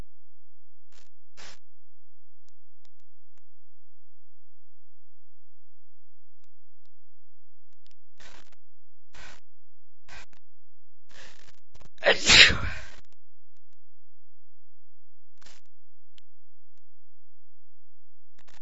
Female sneeze.